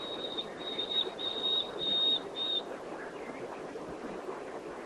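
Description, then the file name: Common nightingale giving five sustained, pure whistled notes on one high pitch over about two and a half seconds, then a few softer notes, over a low steady background rumble. "Luscinia megarhynchos"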